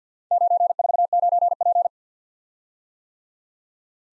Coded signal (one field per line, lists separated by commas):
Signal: Morse code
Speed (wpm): 54 wpm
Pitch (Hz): 700 Hz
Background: none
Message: 949P